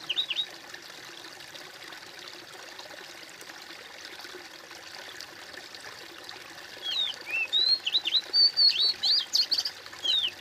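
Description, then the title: Bird song: a brief burst of high notes at the start, quiet hiss, then a rapid jumble of high whistles and chirps in the final seconds. "kOMPILASI suara bird"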